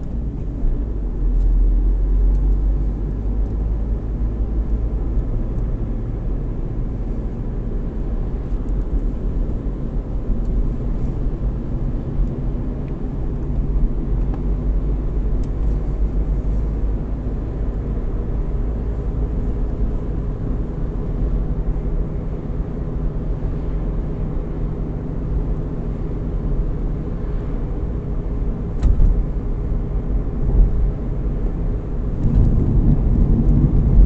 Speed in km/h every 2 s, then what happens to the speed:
36, 41, 44, 46, 48, 51, 52, 56, 59, 61, 62, 62, 62, 60, 60, 60, 61.
0-19 speeds up to 62. 19-34 steady at about 61.